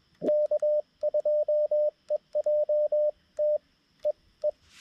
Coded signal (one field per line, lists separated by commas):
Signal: Morse code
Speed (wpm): 21 wpm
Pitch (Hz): 590 Hz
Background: radio noise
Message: K2EJT EE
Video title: Ugly CW POTA at K-5221 with my new BaMaTech TP-III key and trusty old Xiegu G90